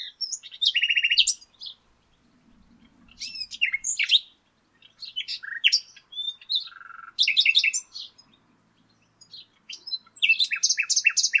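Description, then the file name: Common nightingale song, a sequence of varied phrases mixing rapid repeated notes, twittering and brief buzzy rattles, with pauses between. "Luscinia megarhynchos"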